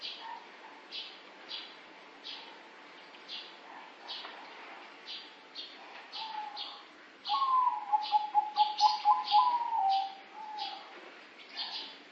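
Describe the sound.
Dove song: faint coos first, then a loud rolling series of rapid pulsed notes, backed by constant rhythmic high-pitched chirps.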